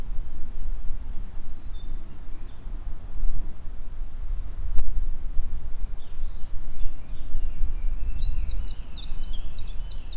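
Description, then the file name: Warbling white-eye song: sparse high chirps early on, then a fast, thin twittering burst near the end, set against constant low rumble. "mejiro"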